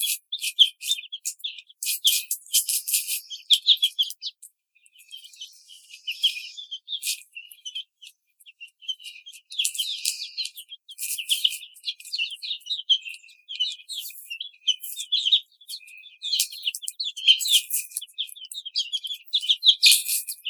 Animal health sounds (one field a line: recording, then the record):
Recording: young laying hens in a cage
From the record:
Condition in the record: treatment cage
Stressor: simulated dog barking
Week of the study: 5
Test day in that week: 1